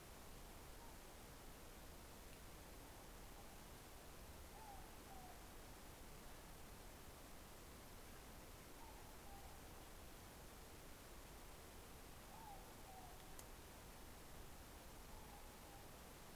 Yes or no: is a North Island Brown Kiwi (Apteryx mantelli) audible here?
no